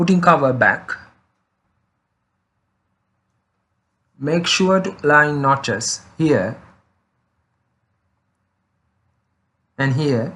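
Someone talks while lining up the notches of a plastic top cover with the base of a selfie stick remote before it is pressed home. Speech comes in short bursts separated by stretches of silence, and the cover has not yet seated or clicked.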